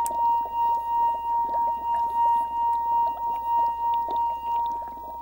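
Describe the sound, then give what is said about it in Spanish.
A wine glass sings under a rubbing finger, holding one steady, pure tone for about five seconds with faint overtones, alongside a soft, uneven rubbing texture and low background hum. “Mirá, ¿a vos te sale esto con la copa?”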